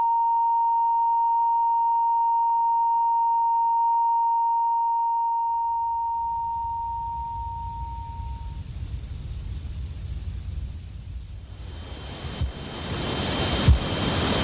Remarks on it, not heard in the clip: People with tinnitus hear a sound like this all the time. All kinds of things that cause tinnitus. Exposure to loud sounds, hearing loss, even stress. With it, you hear constant noise, usually a ringing or a buzz. But people can experience lots of different sounds. These simulations were created by the British Tinnitus Association.